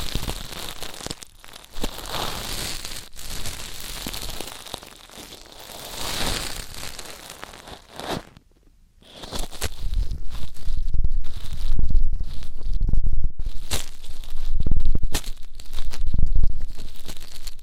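Ear cleaning sounds made of dense, crackling scratches and crinkles that crowd the whole range from low thumps to bright hiss. The rubbing stops briefly near nine seconds, then returns louder and rougher, with heavy muffled scraping and sharp tearing bursts through the end.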